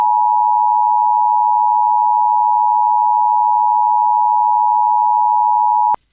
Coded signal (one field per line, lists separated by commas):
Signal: Emergency Alert System (SAME) tones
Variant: 853 and 960 Hz attention tone